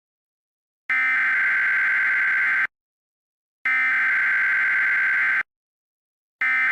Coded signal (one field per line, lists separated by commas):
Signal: Emergency Alert System (SAME) tones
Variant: header bursts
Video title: EAS Scenario - Storm Dragon